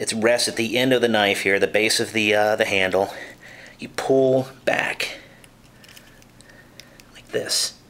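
Someone talks while pulling back the base of the handle on the needlenose plier of a Wenger Ranger Mike Horn Edition folding multitool knife. Faint handling ticks follow between about 5.4 and 7.0 seconds. The plier has not yet locked into place, and nothing has clicked.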